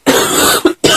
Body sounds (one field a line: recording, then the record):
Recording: coughing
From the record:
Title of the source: 30 Chesty and wet cough